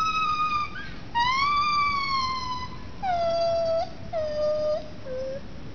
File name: Hylobates albibarbis